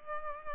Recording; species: mosquito wingbeat signal from an infrared sensor; Culex pipiens